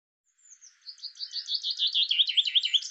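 Bird giving a quickening run of high, bouncy chirps that grows louder, each note a quick slurred twitter, set against silence.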